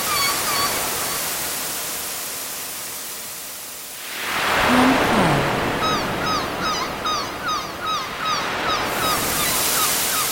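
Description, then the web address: Gulls giving repeated short yelping calls in a steady series over the constant roar of breaking surf that swells midway. Recorded by the sea. "sea and gulls"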